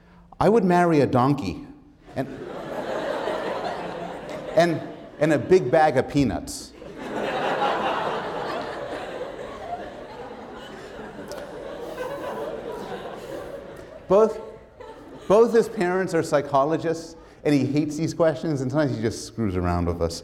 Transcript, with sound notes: “I would marry a donkey and a big bag of peanuts.” [laughter] Both his parents are psychologists and he hates these questions and at times he just screws around with us.